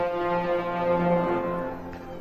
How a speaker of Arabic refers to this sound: الباب زيق واتفتح لوحده.